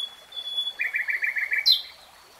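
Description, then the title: Nightingale song fragment: a thin whistle, then a quick stuttering trill of short notes ending in a sharp high downslurred note. "[Tiếng chim hót] 3 Hours REALTIME Nightingale Singing"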